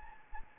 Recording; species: mosquito wingbeat signal from an infrared sensor; Anopheles gambiae